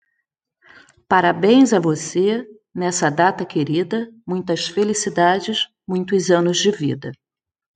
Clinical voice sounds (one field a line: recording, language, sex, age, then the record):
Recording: short text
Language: Brazilian Portuguese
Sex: female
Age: 50 to 59 years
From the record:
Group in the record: control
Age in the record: 52 years